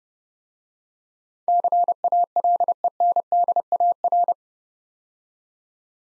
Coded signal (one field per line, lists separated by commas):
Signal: Morse code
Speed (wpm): 33 wpm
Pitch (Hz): 700 Hz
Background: none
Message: CALENDAR